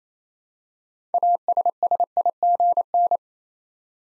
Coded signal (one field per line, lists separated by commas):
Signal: Morse code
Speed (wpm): 27 wpm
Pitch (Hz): 700 Hz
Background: none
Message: ASSIGN